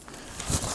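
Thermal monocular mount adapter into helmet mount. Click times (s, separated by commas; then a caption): 0.4 s. An Iray G24 thermal monocular on its mount adapter is slid onto a Team Wendy helmet mount, top first and then the bottom, with a low rustling scrape building through the clip. At 0.4 s a small spring button pops into place with a sharp click, locking the monocular onto the helmet mount, which holds rock solid.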